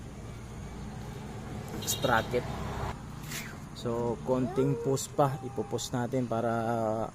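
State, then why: Not seated. A mechanic sets the rear sprocket carrier onto the loose rubber hub dampers of a Winner X motorcycle wheel, still lining it up before pushing it down. Someone talks over a steady low background hum with a few soft handling sounds. Nothing has seated or clicked yet.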